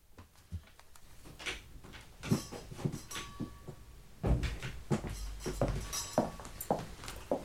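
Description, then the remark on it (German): Glasses are set down one after another, a series of irregular knocks and light clinks with one brief ringing chime, over soft handling noise and low rumble; no voices. “Hier sind die Gläser, Tante Edna.”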